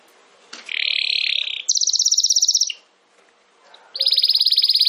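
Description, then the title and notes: Domestic canary giving short bursts of song: a soft trill, a brighter pulsed rattle, a silent gap, then another fast trill. Belgian canary (Campainha) singing. "Canário Belga Campainha Canary Singing. Canario Belga Cantando"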